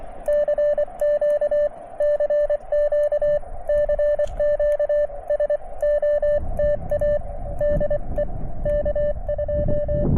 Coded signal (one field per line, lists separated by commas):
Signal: Morse code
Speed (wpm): 24 wpm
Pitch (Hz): 590 Hz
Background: radio noise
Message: CQ CQ CQ SOTA DE K2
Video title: Hunter Mountain SOTA